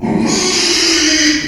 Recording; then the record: squeal of a Yucatan mini pig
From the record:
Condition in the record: after surgery on the right vocal fold (resection and tissue-engineered implant); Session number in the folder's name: 2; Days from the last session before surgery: 13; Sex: male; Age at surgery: 12 weeks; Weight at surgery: 13 kg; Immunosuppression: cyclosporine, prednisolone